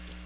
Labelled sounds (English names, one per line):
Chestnut-sided Warbler flight call